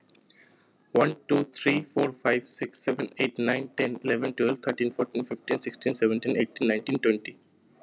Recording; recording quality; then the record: counting at a fast pace; poor, much background noise or distortion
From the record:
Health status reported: healthy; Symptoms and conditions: none ticked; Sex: male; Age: 24 years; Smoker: yes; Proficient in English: yes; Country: India